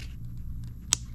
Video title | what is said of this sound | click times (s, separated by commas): DISASSEMBLY GMT MASTER 2 SD 480p | And you hear it pop. | 0.9 s